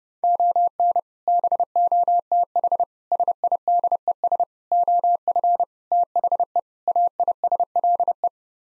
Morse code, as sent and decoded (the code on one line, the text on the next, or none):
--- -. / -... --- - .... / ... .. -.. . ... / --- ..-. / - .... . / .- .. ... .-.. .
ON BOTH SIDES OF THE AISLE